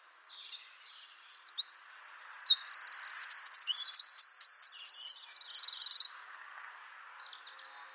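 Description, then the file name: Eurasian wren song, high and hurried, with stuttering notes, a looping series and a dry rattling trill, over steady background noise. "Troglodytes troglodytes"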